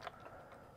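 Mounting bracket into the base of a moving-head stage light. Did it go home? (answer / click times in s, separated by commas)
no / none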